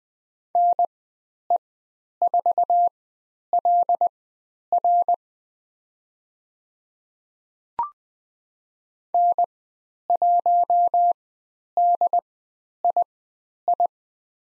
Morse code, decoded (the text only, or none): NE4LR N1DII